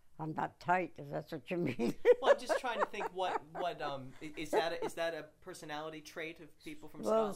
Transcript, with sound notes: I'm not tight, if that's what you mean. [Laughs]
Well, I'm just trying to think what — what — is that a — is that a personality trait of people from Scotland?